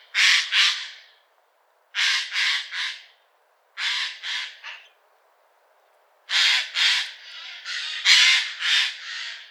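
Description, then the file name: Eurasian jay calling with coarse, noisy screeches, first in clusters of two or three every two seconds, then a longer run of several rapid rasping shrieks. "Garrulus glandarius"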